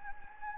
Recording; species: mosquito wingbeat signal from an infrared sensor; Anopheles gambiae